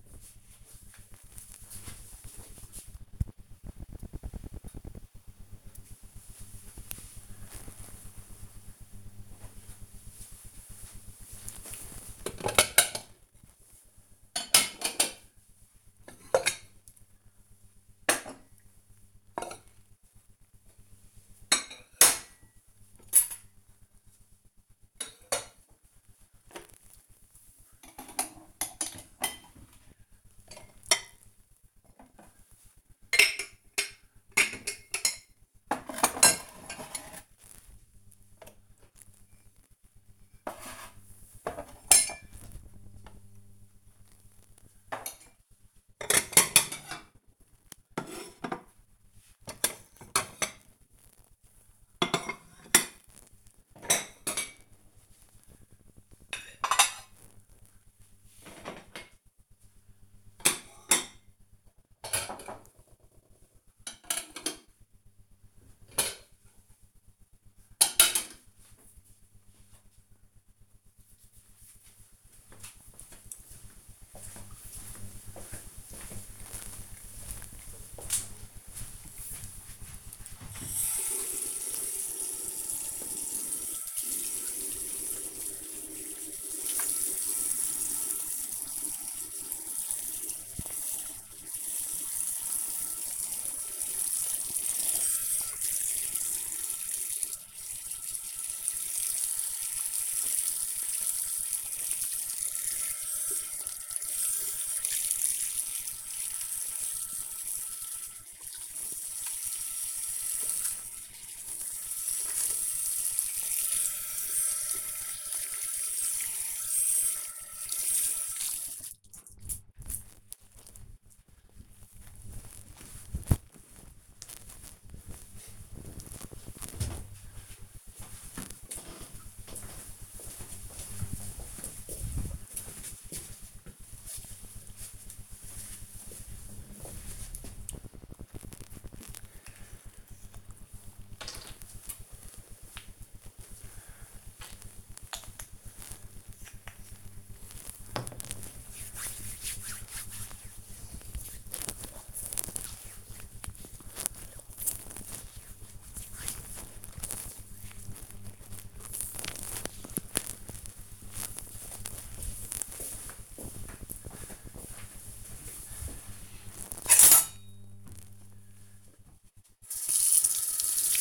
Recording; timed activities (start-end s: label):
household activities, microphone on the right wrist
11.48-68.90 s: putting away the dishes
80.96-119.23 s: washing hands
140.36-156.46 s: cream hands
169.54-171.01 s: washing dishes